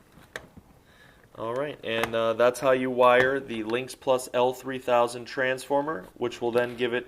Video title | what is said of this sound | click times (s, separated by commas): Honeywell L3000 - How to Wire the Power Transformer? | snap it in there you'll hear the click | 0.4 s